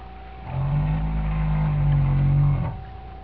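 Whale moan: one low, steady, humming tone rich in overtones, held for about two seconds, then ending abruptly.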